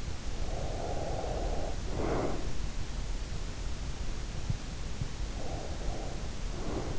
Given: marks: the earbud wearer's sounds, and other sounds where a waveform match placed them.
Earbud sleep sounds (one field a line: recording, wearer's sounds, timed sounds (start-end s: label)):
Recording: sounds in sleep by an in-ear microphone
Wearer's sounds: breath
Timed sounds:
0.53-2.47 s: breath
5.45-6.99 s: breath